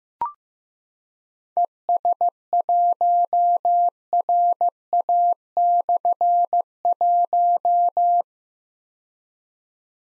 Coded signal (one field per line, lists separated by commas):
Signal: Morse code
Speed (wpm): 15 wpm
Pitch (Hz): 700 Hz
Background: none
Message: ES1RA/1